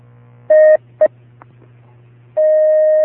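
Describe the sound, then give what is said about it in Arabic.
Telephone tones as a caller's phone call is taken and connects: one medium beep and a quick short beep over a low steady hum, then a long unbroken mid-pitched tone that carries on to the end. “نأخذ اتصالا هاتفيا.”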